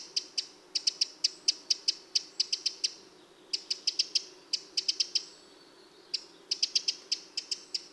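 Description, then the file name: Eurasian wren calling with hard, clicking ticks in quick rattled series, broken by short gaps and a longer pause before the final burst. "Troglodytes troglodytes"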